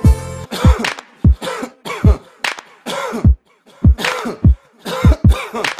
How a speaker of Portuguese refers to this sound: Tá tossindo por quê?